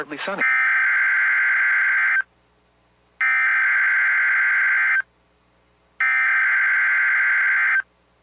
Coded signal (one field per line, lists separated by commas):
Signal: Emergency Alert System (SAME) tones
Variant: header bursts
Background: speech